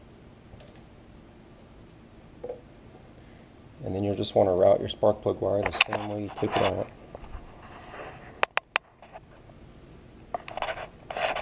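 Someone talks while routing a spark plug wire on a Mazda 626 and guiding its end toward the ignition coil terminal during spark plug and wire installation, with light handling sounds throughout. The clip ends before the wire goes home; nothing has seated or clicked yet.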